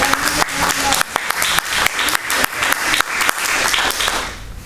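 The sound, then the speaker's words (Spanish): A crowd applauds steadily for several seconds, a dense patter of many hands clapping with irregular sharper claps on top, easing off at the end. “En el protocolo no dice aplaudir, pero debería.”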